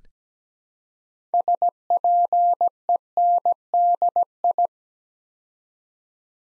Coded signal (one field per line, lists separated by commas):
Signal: Morse code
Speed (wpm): 17 wpm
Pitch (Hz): 700 Hz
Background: none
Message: SPENDI